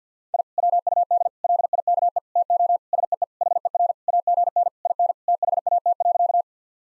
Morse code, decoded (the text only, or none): I WUD LIKE TO SEE HER AGN IN THAT.